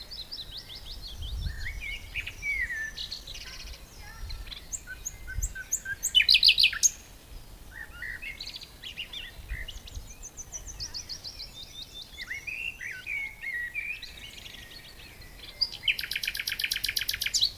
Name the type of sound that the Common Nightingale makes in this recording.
song